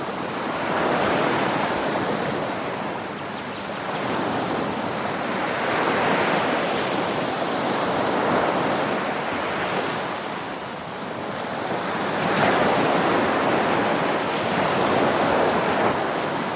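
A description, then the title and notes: Ocean surf washes in a dense, continuous hiss, swelling and easing every few seconds as waves roll in and draw back. The wash sits in the middle and upper range, with a slightly louder surge near the end. Ocean Surf. This episode features only natural soundscapes with no dialogue or voice.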